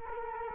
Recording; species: mosquito wingbeat signal from an infrared sensor; Culex quinquefasciatus